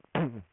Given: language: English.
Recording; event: throat vibration sensor signal played as sound; throat clearing